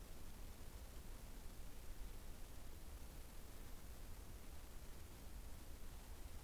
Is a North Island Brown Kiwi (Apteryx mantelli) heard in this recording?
no